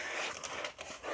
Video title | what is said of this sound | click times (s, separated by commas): P0449 ODB2 Code Error FIXED! (COMPLETE GUIDE) | get it on until it there we go snapped in place | 0.4 s, 0.8 s